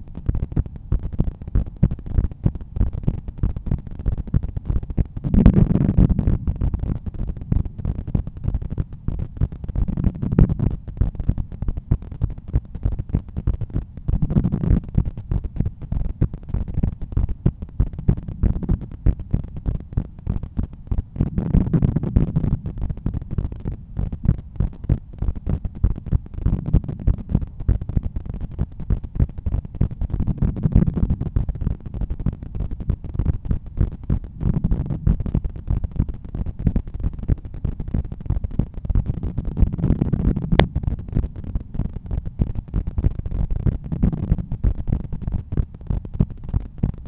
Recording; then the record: heart sounds by stethoscope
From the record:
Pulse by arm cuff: 96 bpm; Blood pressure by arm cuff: 136/87 mmHg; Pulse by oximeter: 96 bpm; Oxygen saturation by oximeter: 98%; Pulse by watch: 103 bpm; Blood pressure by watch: 130/84 mmHg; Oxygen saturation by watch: 96%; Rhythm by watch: sinus rhythm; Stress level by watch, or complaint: low stress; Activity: after 5 min smoking and coffee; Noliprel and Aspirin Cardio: before pills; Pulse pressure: 49 mmHg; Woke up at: 7:20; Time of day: 8:20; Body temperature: 36.5 C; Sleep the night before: 7 h 55 min, score 79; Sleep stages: REM 22%, light 61%, deep 7%, awake 10%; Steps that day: 8800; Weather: sunny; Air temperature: 14.5 C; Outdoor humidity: 89%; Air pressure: 1014 hPa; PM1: 4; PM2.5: 7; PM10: 8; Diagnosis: hypertension, treated with Noliprel and Aspirin Cardio 100 mg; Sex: male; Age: 53 years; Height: 174 cm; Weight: 81 kg